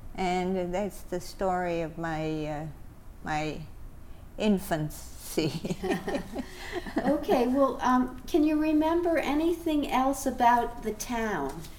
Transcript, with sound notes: And that's the story of my infancy. [Laughs]
Okay. Well, can you remember anything else about the town?